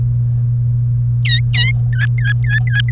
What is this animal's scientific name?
Serinus canaria